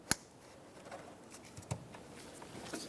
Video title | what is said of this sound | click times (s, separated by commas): How to Replace Knock Sensor 2009-2010 Pontiac Vibe | Reattach your mass airflow sensor. Press this in. Listen for a click. | 0.1 s